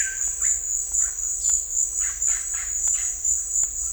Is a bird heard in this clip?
yes